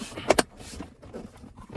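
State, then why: Seated. A plastic trim piece is fitted back into the center console of a 7th-generation Maxima during a console lid replacement: with its bottom edge already slid into place, its sides are gently pushed so the retaining clips snap home. Two sharp clicks ring out at 0.3 s and 0.4 s over a faint background hiss. The clips seat and the trim piece is secured.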